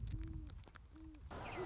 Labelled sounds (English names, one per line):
Great Horned Owl